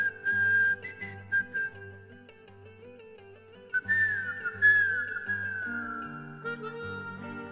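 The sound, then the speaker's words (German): A person whistles a short, wavering tune with a few rising and falling glides, carried over a steady instrumental backing with a pulsing low bass line. No one speaks. “Pfeife dir den alten Pfiff am Grab und nenn dich Kamerad.”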